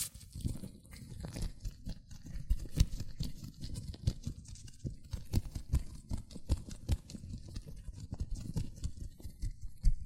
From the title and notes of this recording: ASMR Latex Gloves Hand Sounds (No Talking).